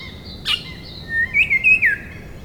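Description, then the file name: Rufous shrikethrush calls: a sharp note, then a short run of loud whistled phrases. "Colluricincla Rufogaster"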